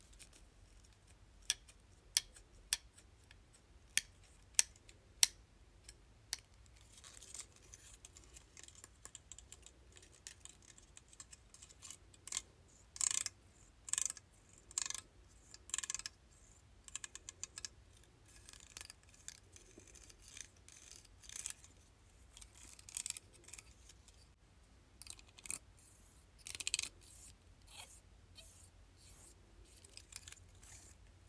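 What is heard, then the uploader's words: Hair clips click and snap in sharp, irregular bursts over a low steady hum, with busier clusters of rattling in the second half. ASMR: Hair Clips.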